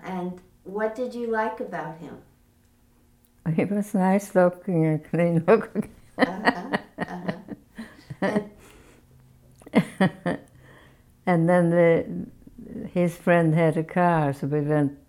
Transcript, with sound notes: And what did you like about him?
He was nice looking and clean looking! [Laughs] And then his friend had a car, so we went